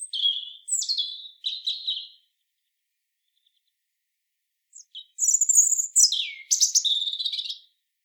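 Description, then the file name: European robin singing a high, sweet warbled phrase, pausing a few seconds, then delivering a longer, richer phrase of tumbling notes and trills. "Erithacus rubecula"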